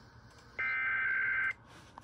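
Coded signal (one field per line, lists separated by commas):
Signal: Emergency Alert System (SAME) tones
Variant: header bursts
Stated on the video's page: EAS test on AIR1, with relays.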